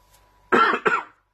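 Two quick, harsh coughs from an adult man, the second slightly weaker, in a quiet room.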